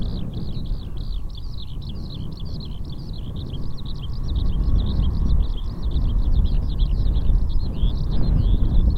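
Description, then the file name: Eurasian skylark song: a continuous, rapid, high warbling stream of trills without pause, over a heavy low rumble. Recorded on 27 March 2021. "hibari song 20210327"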